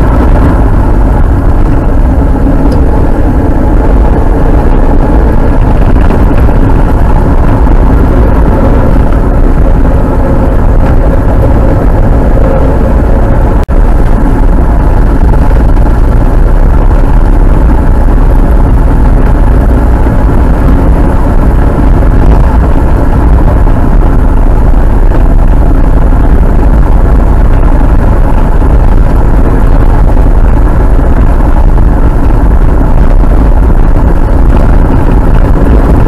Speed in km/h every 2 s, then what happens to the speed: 60, 58, 54, 49, 51, 56, 52, 54, 50, 57, 62, 61, 59, 59, 61, 60, 55, 53.
0-6 slows to 49. 6-17 steady at about 51. 17-20 speeds up to 62. 20-29 steady at about 61. 29-36 slows to 53.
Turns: 8-16.